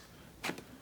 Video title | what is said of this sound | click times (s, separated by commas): GIVI Tanklock Overview - Givi Tanklock install on a F850GS | and then that locks into place. | 0.6 s